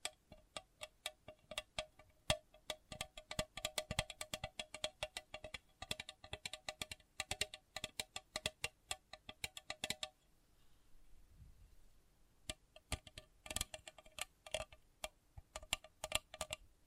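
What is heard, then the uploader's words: Sensitive tapping: quick, dense taps with crisp, bright clicks and a light ringing tone, coming in rapid irregular bursts. Around ten seconds the tapping stops for roughly two seconds, leaving soft low rustling, then resumes, sparser at first before thickening again. Sensitive Tapping.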